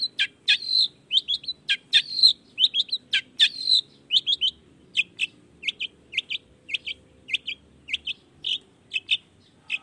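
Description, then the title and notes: Long-tailed shrike uttering dense scratchy chatter at first, then steady repeated short chirps. Singing actively in the morning with 'toet toet' voice variations; meant to stimulate reluctant shrikes into joining the song quickly. "Cendet Gacor Dor Di Kala Pagi Toet Toet Variasi Suara J. Cendet Gacor Di Pagi Hari Rangsangan Emosi Cendet Malas Bunyi Supaya Secepatnya Ikutan Bunyi. Burung cendet"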